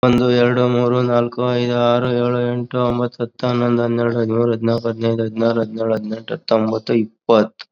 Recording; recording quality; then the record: counting at a fast pace; moderate, slight background noise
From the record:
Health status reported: COVID-19 positive, mild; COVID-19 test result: positive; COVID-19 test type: RT-PCR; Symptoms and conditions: cough, fever, muscle pain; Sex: male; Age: 50 years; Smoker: no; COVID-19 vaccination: both doses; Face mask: not worn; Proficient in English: no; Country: India